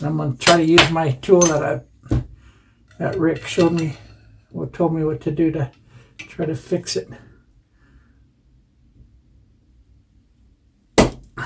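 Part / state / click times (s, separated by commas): metal snap ring into groove of an airgun assembly / seated / 11.0 s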